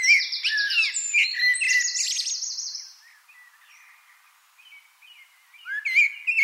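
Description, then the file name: Eurasian wren delivering a quick series of high, shimmering trills for about three seconds, then near quiet before a few sharp chirps return. "Troglodytes troglodytes"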